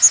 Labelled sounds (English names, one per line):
Chestnut-sided Warbler flight call